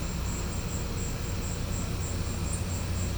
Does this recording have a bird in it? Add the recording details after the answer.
no. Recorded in pastures near Puerto Asís, Putumayo, Colombia, on 16 December 2024 at 12:30. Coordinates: 0.505, -76.324. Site G063